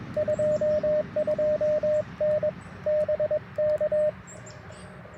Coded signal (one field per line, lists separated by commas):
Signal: Morse code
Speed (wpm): 22 wpm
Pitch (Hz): 610 Hz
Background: radio noise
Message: 22N BK